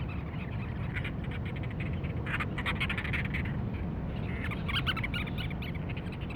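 Cape Verde storm petrel giving repeated pulsed chattering phrases through most of the recording, partly masked by a strong low-pitched rumble.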